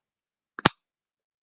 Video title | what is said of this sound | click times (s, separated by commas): Live Sale at 10pm est Saturday 1/13/24 | hear that it's a good tight snap so even if you you wanted to use it as your little | 0.6 s, 0.7 s